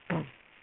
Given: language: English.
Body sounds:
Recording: throat vibration sensor signal played as sound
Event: throat clearing

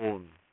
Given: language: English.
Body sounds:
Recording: throat vibration sensor signal played as sound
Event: speech

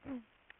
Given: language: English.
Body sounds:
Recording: throat vibration sensor signal played as sound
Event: throat clearing

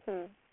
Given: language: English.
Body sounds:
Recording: throat vibration sensor signal played as sound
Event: speech

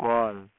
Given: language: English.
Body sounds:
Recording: throat vibration sensor signal played as sound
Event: speech

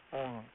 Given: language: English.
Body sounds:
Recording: throat vibration sensor signal played as sound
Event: speech

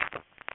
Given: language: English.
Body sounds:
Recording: throat vibration sensor signal played as sound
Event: swallow

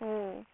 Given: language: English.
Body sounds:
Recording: throat vibration sensor signal played as sound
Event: speech

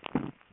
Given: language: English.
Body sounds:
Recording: throat vibration sensor signal played as sound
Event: swallow

